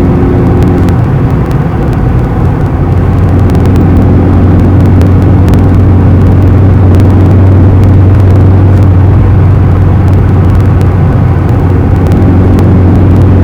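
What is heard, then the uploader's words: A car interior recorded at steady speed, with a constant deep engine and road hum that stays even and dense throughout. A low drone settles in after a few seconds, and faint light clicks and ticks come through scattered across the recording. Car (White Noise). 3D Surround Sound.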